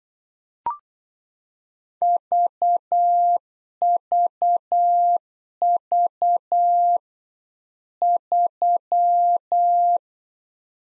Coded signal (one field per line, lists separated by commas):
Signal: Morse code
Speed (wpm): 8 wpm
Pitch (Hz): 700 Hz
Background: none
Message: VVV 3